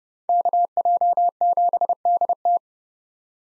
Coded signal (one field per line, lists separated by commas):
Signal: Morse code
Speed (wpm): 31 wpm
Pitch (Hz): 700 Hz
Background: none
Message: KJ7DT